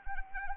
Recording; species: mosquito wingbeat signal from an infrared sensor; Anopheles arabiensis